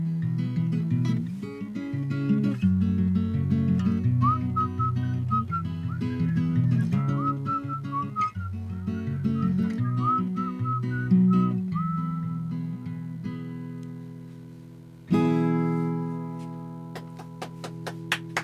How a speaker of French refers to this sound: j'ai invité … à sa propre émission à siffler avec moi, parce que c'est un excellent siffleur